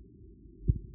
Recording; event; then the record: neck accelerometer signal played as sound; no cough (speech, laughter, throat clearing or background)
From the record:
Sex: male